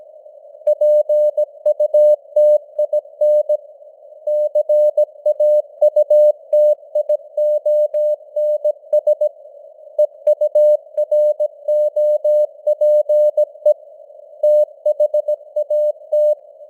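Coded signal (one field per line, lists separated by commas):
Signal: Morse code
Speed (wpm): 17 wpm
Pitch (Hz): 600 Hz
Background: none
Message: PUTIN CAUTIONS EUROPE THAT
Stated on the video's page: News headlines in Morse at 17 wpm with simulated radio noise and varying signal strength (QSB).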